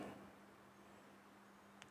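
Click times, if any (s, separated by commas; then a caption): 1.8 s. A spring bar of a leather watch strap is moved into the lug hole of a watch case. A soft hum fills the clip until a short, sharp click at 1.8 s as the spring bar snaps into the lug, and the strap is seated.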